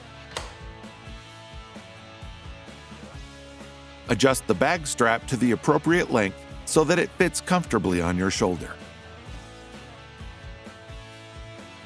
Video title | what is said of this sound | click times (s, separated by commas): 40V Blower/Vacuum- Model 2415002CA - How To Video | insert the bag adapter into the blower outlet until it clicks into place | 0.4 s